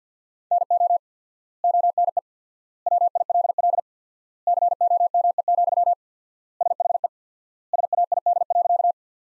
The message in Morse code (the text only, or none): NO ONE WILL COME, SHE SAID.